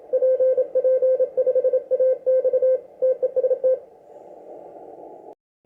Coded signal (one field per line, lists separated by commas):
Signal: Morse code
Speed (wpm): 26 wpm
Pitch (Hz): 520 Hz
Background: none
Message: PP5AX TEST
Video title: PP5AX CARLOS FROM BRAZIL WORK ON CW MORSE CODE